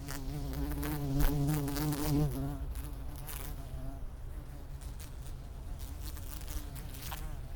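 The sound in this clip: Fly buzzing: a loud, wavering drone for the first two seconds or so, then a fainter, steadier hum with occasional soft clicks.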